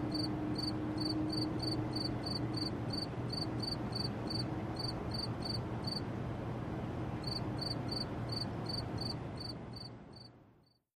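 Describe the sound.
Cricket chirping in short regular pulses about three per second, high and rhythmic, with a brief pause, over a steady low rumble; everything fades out at the end.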